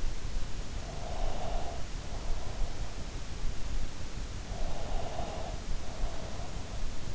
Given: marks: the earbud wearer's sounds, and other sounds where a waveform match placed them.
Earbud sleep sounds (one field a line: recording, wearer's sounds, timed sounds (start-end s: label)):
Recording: sounds in sleep by an in-ear microphone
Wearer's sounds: breath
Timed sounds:
0.86-2.17 s: breath
4.51-5.83 s: breath